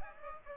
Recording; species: mosquito wingbeat signal from an infrared sensor; Aedes aegypti